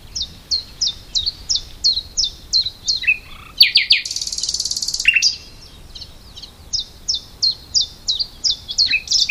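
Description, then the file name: Common nightingale song: rapid series of sharp, repeated whistled notes, several per second, broken midway by a loud harsh buzzing burst and lower rattling notes before the repetitions resume. "Luscinia megarhynchos"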